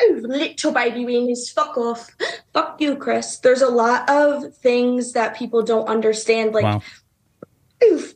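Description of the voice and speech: A man told to F**K OFF repeatedly by a guest with Tourette's! Tourette's is a neurological involuntary motor and vocal disorder.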